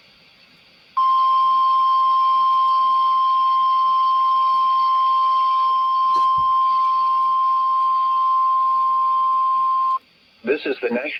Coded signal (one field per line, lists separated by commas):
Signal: Emergency Alert System (SAME) tones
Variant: 1050 Hz attention tone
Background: speech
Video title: IT'S TIME AGAIN!! Required Wednesday Test !! EAS #155